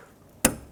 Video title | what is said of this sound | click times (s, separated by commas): How to Replace Tow Mirrors 2011-2016 Ford F-350 Super Duty | Make sure it clicks. | 0.4 s